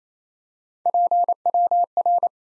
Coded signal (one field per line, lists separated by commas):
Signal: Morse code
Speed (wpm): 28 wpm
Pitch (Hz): 700 Hz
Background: none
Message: PWR